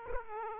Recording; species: mosquito wingbeat signal from an infrared sensor; Aedes aegypti